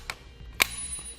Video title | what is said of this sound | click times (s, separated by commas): DIY Install: Fit Kit for Thule Evo Clamp and Edge Clamp Roof Rack Feet on your 2019 Ford F-150 | we're going to push up until your a click then it's gonna be locked in place right | 0.6 s